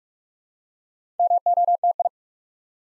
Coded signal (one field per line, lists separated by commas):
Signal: Morse code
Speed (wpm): 44 wpm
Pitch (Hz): 700 Hz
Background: none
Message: MOTI